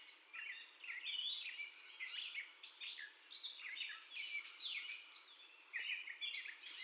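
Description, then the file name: Gray catbird song, a restless mix of mewing, squeaking and scratchy phrases that rise and fall, sung almost without gaps. First song, recorded 30 May 2021 at 04:48. "2021-05-30 Catbird First Song 0448"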